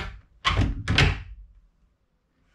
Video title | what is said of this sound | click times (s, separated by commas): Kuchyň - šuplíky - návod na: lepení, kolíkování a montáž Hettich Quadro plnovýsuv - Kutil Tom - DIY | . That was exactly it. The click was when it sat in the handles, as I showed you before | 0.9 s, 1.0 s